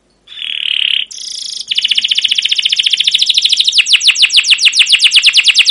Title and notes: CUIT CUIT NGEROL LANGSUNG GACOR PANJANG Kenari Ini AMPUH Utk Pancingan KENAR. PANCINGAN Kenari GACOR PANJANG Cuit CUIT EMOSI ini AMPUH utk MASTERAN Kenari PAUD belajar BUNYI. burung kenari